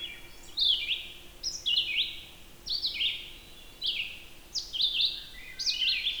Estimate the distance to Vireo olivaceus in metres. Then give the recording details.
about 10 m. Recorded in boreal forest in Alberta, Canada, on 14 June 2016 at 06:37. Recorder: SongMeter 3, array SBT-3-33. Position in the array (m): 152 m, 184 m